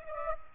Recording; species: mosquito wingbeat signal from an infrared sensor; Aedes aegypti